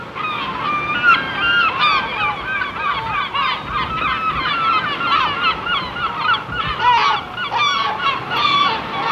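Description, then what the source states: Gulls calling, a dense chorus of harsh, overlapping squealing and yelping notes from many birds, with constant background hiss throughout. Seagulls on the shore.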